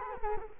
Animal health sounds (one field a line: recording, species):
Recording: mosquito wingbeat signal from an infrared sensor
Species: Culex quinquefasciatus